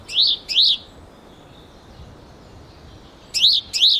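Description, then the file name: Great tit calling in clear doubled notes, each pair of arched chirps separated by a quiet gap of roughly three seconds, over soft background hiss. "Parus major"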